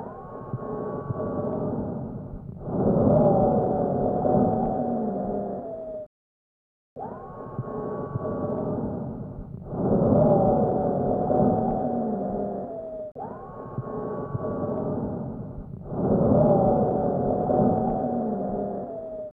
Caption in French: Auscultation trachéale qui permet d'entendre un sibilant polyphonique dont certaines fréquences dépassent 800 Hz, entendu pendant la presque totalité de l'inspiration et de l'expiration. Cette auscultation correspond à celle d'un asthmatique avec obstruction bronchique sévère.